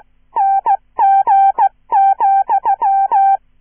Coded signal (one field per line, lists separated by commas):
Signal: Morse code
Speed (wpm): 15 wpm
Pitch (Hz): 790 Hz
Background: none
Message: NG,